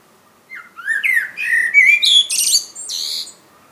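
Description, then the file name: Common blackbird giving a short squeaky, warbling phrase of rising and falling whistled notes that ends in higher, scratchy twitters. "Turdus merula"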